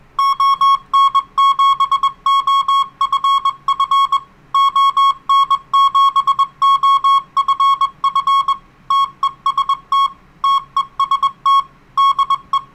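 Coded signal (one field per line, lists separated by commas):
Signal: Morse code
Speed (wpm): 21 wpm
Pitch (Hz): 1100 Hz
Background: music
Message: ON7OFF ON7OFF TEST TEST DE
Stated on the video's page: Live-streamed 80 meter DX Morse reception.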